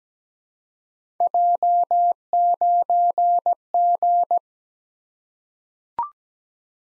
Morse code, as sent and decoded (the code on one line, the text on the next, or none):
.--- ----. --.
J9G